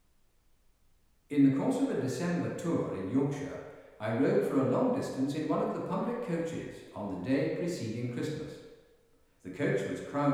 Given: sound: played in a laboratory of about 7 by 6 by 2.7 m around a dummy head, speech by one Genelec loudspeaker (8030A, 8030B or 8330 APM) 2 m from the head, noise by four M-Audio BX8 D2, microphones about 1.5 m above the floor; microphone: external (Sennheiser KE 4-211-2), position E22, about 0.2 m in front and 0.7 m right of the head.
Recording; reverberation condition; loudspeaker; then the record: male speech in English; high; behind (180 degrees)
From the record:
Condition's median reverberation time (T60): about 1300 ms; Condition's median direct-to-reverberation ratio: about -4.0 dB